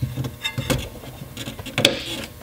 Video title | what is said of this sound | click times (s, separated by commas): How to Replace BMW E46 Fuel Pump and Fuel Filter DIY - 330i, 325i, 328i, 323i, 320i | like that until it clicks and it's reinstalled | 1.8 s, 1.9 s